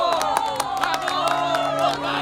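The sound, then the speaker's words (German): A crowd applauds and cheers loudly for Samuel Jordu as his wives push the onlookers aside, with sharp scattered claps over a steady wash of excited shouting voices, loud and continuous throughout. “Hören Sie den Beifall und die Begeisterungsrufe der Menge.”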